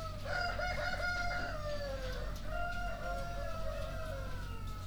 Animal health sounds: poultry house recording; healthy chickens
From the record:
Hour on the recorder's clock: 23

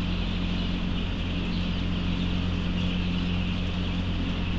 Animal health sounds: poultry house recording; healthy chickens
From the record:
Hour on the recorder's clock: 3

